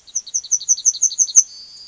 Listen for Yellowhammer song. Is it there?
yes